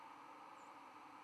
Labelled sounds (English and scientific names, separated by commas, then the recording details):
White-throated Sparrow (Zonotrichia albicollis) flight call
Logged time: 03:36 on 11 November 2014